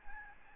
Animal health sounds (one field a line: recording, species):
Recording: mosquito wingbeat signal from an infrared sensor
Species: Aedes albopictus